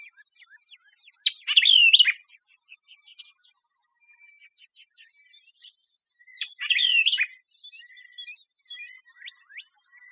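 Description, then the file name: White-eyed vireo song, a loud burst of quick, varied whistled and buzzy notes twice, with softer chattering between. Texas, USA, 26 June 2005. "WEVI TX 062605"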